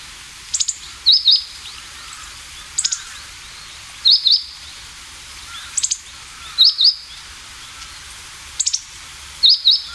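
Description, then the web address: Meadow bunting calls: crisp, high-pitched 'tsi-tsi' pairs and triplets, repeated at short intervals. Call note, given in Japanese as jinaki, the ordinary non-song call. "sikioto. houzirozinaki"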